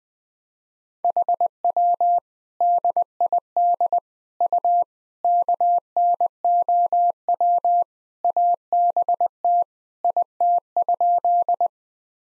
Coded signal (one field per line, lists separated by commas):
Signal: Morse code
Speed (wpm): 20 wpm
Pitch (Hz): 700 Hz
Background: none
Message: HW DID U KNOW ABT IT?